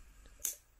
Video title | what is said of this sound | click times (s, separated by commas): Waterpik Nano setup | it in there until you hear a click | 0.4 s